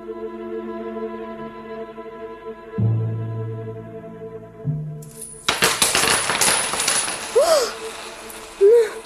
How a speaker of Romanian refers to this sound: Ploaia asta de bani vine din buzunarul fustiței mele? Dorm? Sunt trează? Sora săracilor nu visa. Pe podeaua hambarului se răstogoleau de zor sute de bani adevărați.